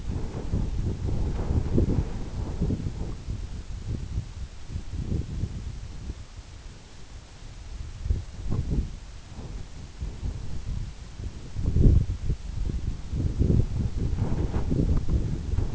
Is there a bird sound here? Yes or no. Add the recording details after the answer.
no. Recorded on Arctic tundra, site EABA-1, on 26 June 2018. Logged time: 00:00